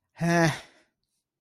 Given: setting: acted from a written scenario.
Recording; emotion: vocal sound without words; neutral